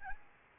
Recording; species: mosquito wingbeat signal from an infrared sensor; Aedes albopictus